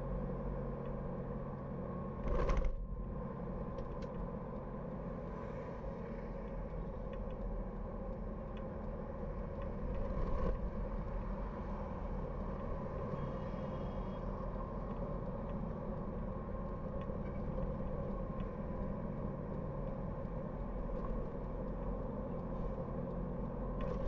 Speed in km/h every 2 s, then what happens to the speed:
49, 47, 45, 44, 42, 41, 40, 42, 42, 42, 44, 45.
0-9 slows to 41. 9-24 steady at about 42.